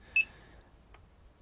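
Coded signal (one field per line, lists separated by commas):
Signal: beep code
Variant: YMFC flight controller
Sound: a single short high beep, then quiet room and a faint click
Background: quiet room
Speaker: when we're armed we get this slow beep again to remind us that we're armed.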